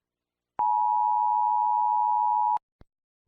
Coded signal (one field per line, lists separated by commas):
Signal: Emergency Alert System (SAME) tones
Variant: 853 and 960 Hz attention tone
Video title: EAS Scenario - The Great Earthquake (1977)